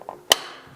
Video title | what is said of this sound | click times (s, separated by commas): Porsche 356C Project #3: How to Adjust Valves! (and why...) | snap that's the snap you want alright | 0.3 s